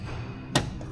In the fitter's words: So, first stage, where these 3 rivets are, you just take your palm, hear that click.